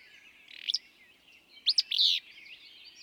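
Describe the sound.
Willow flycatcher song: one abrupt, burry two-part phrase after a brief rough note, with faint chattering birds behind.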